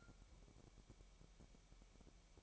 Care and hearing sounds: daily activity, microphone in the room; take from stove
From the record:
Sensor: 1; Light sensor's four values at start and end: 74/177/75/79 and 74/177/75/79

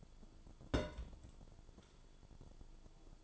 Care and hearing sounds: daily activity, microphone in the room; place on stove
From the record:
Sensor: 5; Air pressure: 1008.1 hPa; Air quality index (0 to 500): 119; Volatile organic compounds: 1 ppm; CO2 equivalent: 918 ppm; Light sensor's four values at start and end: 28/61/25/25 and 28/62/26/25

